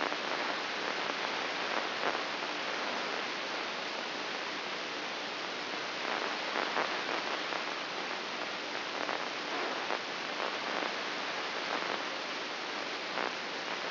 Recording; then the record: brain microelectrode recording played as sound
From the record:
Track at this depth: inside the subthalamic nucleus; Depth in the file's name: 6.261 mm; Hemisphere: left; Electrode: 3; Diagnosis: Parkinson's disease